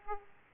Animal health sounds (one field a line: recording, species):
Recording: mosquito wingbeat signal from an infrared sensor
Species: Aedes aegypti